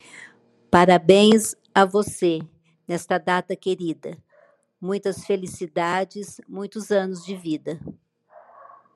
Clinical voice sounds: short text; Brazilian Portuguese; female; 60 to 69 years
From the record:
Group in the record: control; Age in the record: 63 years

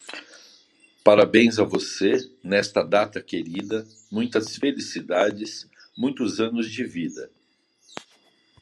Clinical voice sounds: short text; Brazilian Portuguese; male; 50 to 59 years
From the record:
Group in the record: control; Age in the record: 57 years

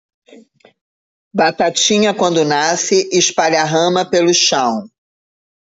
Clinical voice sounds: short text; Brazilian Portuguese; female; 60 to 69 years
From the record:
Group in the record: control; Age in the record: 61 years

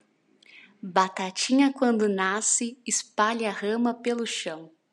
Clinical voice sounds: short text; Brazilian Portuguese; female; 18 to 19 years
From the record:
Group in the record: control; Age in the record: 19 years

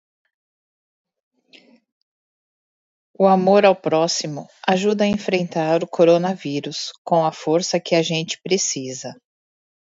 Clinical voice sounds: spoken sentence; Brazilian Portuguese; female; 50 to 59 years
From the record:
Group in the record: control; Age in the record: 51 years

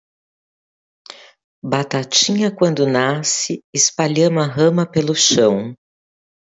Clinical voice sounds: short text; Brazilian Portuguese; female; 50 to 59 years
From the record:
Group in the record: control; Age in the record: 50 years

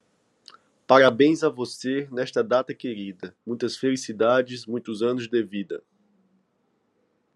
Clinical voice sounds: short text; Brazilian Portuguese; male; 20 to 29 years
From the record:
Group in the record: control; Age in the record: 29 years

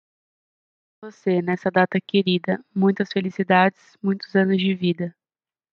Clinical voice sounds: short text; Brazilian Portuguese; female; 18 to 19 years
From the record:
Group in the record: control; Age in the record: 18 years

